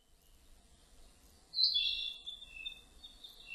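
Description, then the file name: Narcissus flycatcher giving a high, clear whistled phrase that drops in pitch and trails off, against soft background noise. Recorded on 30 April 2005. "050430 kibitaki"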